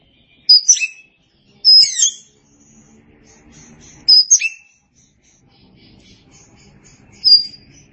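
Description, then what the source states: Oriental magpie-robin giving four short bursts of high, sweeping notes separated by pauses. Chirping song.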